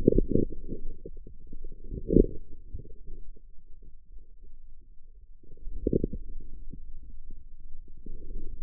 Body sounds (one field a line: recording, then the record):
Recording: forearm muscle sounds (acoustic myography)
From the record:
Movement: outward rotation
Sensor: system 2, bracelet of six BSWA MPA416 microphones around the upper forearm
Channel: 5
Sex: male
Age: 22 years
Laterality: right